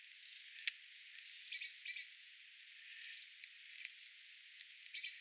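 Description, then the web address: Long-tailed tits calling: high thin whistles and short rasping buzzes in loose bursts, one sharp click near the start, over faint hiss. Calls of a small flock of tits including long-tailed tits, 27 January 2026. "paivat 27 1 2026 pikkulintuparvi pyrstotiais tiaisparven aantelya"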